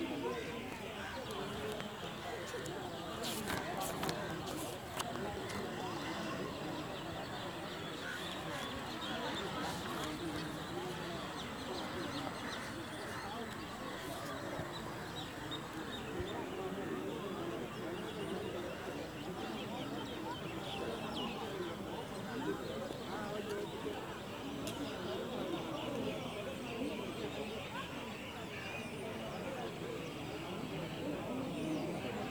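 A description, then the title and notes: A Sunday evening in a city park: a steady, dense wash of many voices talking and calling at once, with children's shouts rising above it. The crowd stays unbroken throughout, with brief sharp clatters around five and fifteen seconds. Ambient sounds from a Sunday evening at the Anna Nagar Tower Park.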